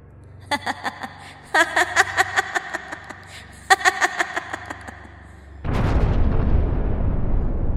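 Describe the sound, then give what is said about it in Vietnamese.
Bursts of a woman's shrill, rhythmic cackling laughter give way to a sudden loud blast as lightning strikes the stone covering a well, shattering it into pieces, followed by a steady roaring rumble that holds to the end. “Cục đá đậy trên miệng giếng bị sét đánh cho nổ tan tành thành nhiều mảnh văng tứ tung.”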